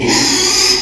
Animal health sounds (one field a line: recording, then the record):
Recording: squeal of a Yucatan mini pig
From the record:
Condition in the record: after surgery on the right vocal fold (resection and tissue-engineered implant)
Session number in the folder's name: 2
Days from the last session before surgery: 13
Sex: male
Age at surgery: 12 weeks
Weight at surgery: 13 kg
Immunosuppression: cyclosporine, prednisolone